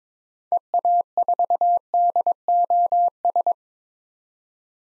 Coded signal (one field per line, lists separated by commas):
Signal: Morse code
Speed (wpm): 22 wpm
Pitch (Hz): 700 Hz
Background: none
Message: EA4DOS